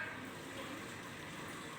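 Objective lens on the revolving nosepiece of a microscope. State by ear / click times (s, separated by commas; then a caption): not seated / none. The revolving nosepiece of a light microscope is turned slowly to swing the 100x objective lens into the light path, so that once it clicks it sits correctly in place and will not hit the slide. Only a steady, even wash of broadband noise is heard, with no distinct click. Nothing has seated or clicked yet.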